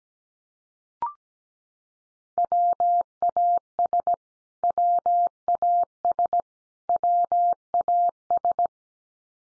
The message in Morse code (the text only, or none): WAS WAS WAS